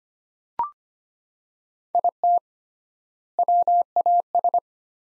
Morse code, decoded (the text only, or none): IT WAS